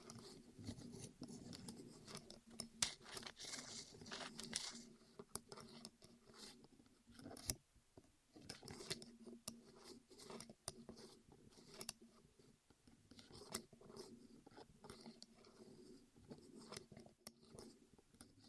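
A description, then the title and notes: ASMR rolling sounds: soft continuous rubbing and rolling with frequent small clicks and snips, sharp taps near 3, 7.5 and 17 seconds. ASMR Rolling On Your Ears (No Talking).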